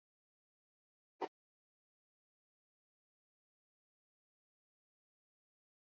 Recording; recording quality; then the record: sustained vowel as in beet; poor, much background noise or distortion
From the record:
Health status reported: COVID-19 positive, mild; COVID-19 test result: positive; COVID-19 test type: RT-PCR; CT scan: not taken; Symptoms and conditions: fever, fatigue, muscle pain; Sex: female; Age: 30 years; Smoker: no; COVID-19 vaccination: both doses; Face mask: worn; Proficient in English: no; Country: India